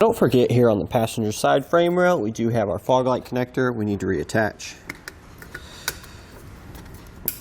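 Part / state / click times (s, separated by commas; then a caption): fog light wiring connector into its mating harness plug / seated / 7.3 s. Someone talks, then the fog light wiring connector on the passenger-side frame rail of a 2020 Jeep Gladiator is pushed back together into its mating harness plug. After a few light handling taps, a sharp click at 7.3 s shows the connector is seated.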